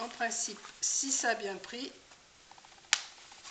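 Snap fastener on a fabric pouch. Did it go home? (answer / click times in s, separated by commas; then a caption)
yes / 2.9 s. Someone talks, then a press stud (snap fastener) set on a fabric Christmas pouch is pressed closed. It gives a sharp click at 2.9 s, showing the snap has taken properly and seated.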